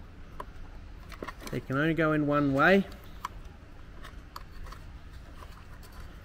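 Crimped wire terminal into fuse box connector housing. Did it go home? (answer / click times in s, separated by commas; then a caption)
yes / 3.2 s, 4.4 s. Crimped wire terminals are pushed into the fuse box connector housing, and each one seats with a sharp, bright click at 3.3 s and 4.4 s, confirming they are in. Someone talks between about 1.6 and 2.8 s, and faint small handling ticks are heard around the clicks.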